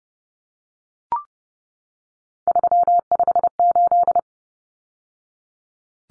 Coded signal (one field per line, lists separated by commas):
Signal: Morse code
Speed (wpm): 30 wpm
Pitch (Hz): 700 Hz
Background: none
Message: 358